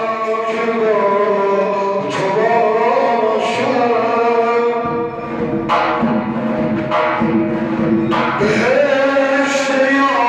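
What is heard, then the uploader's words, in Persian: Zurkhaneh session: a voice chants in long, sustained melodic lines, steady in loudness throughout. Sharp struck accents cut in roughly every one to two seconds, and the low end fills out and thickens after the midpoint. زورخانه.بازار. در این اپیزود فرد در هنگام دعا در میانه برنامه ظهرگاهی زورخانه.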